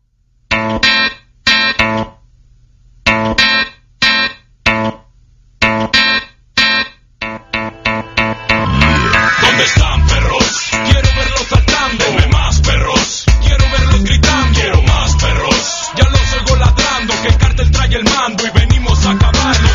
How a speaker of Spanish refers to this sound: vamos a poner una banda que es así estilo hip hop. No es uno de mis géneros favoritos, pero de todas maneras es algo de lo que se puede escuchar aquí en GDL Radio.